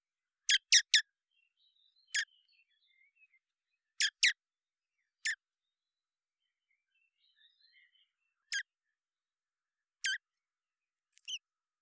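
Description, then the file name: Common blackbird giving sharp clicking call notes, first a triple, then singles and a pair, with faint soft twittering between them. "Turdus merula"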